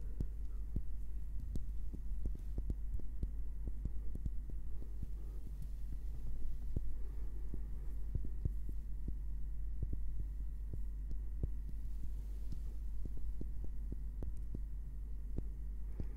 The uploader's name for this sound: gentle Wood Triggers - tapping & scratching